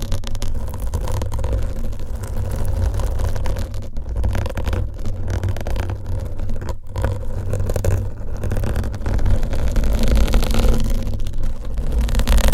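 Long nails scratch and rub over a microphone cover, very close, making a dense, continuous low rumble with a fuzzy, scraping texture on top. Brief gaps break the scratching around four, seven and eight seconds, and it swells slightly louder near the end.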